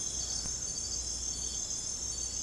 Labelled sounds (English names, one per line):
none